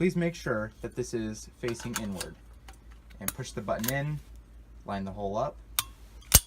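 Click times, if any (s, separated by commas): 5.8 s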